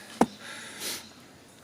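A key lock on the outside access door of a caravan toilet cassette is turned after the cassette is back in, with keys jangling just before. A single sharp click at 0.2 s marks the lock seating, followed by a brief softer hiss around 0.9 s.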